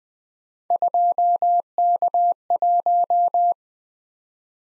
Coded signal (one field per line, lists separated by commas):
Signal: Morse code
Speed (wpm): 20 wpm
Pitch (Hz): 700 Hz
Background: none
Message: 2K1